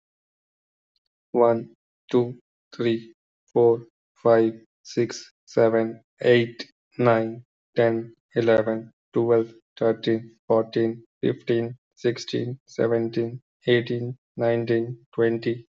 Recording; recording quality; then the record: counting at a normal pace; excellent, no background noise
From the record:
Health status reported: healthy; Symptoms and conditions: none ticked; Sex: male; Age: 32 years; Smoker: not ticked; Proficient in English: yes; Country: India